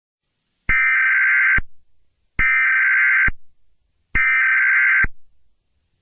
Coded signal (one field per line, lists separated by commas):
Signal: Emergency Alert System (SAME) tones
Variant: header bursts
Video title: EAS Scenario/Analog) The Extreme Tornado